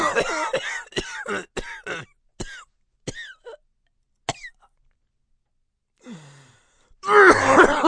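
A long, acted adult coughing fit: a rapid run of harsh, irregular cough bursts, then a few scattered coughs, a pause, a low groaning breath and a final loud throat-clearing cough.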